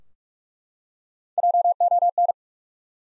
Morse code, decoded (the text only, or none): JON